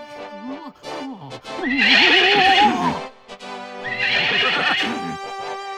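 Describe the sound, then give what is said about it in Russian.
A horse whinnies loudly twice, each neigh a long, shrill, quavering cry that wavers up and down in pitch before trailing off, with no voices present. “Черт, перелетев через шлагбаум, оборотился в коня.”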